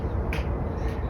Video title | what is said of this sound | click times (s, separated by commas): Installing LED bulbs for my reverse lights! | this clicks right in there. | 0.3 s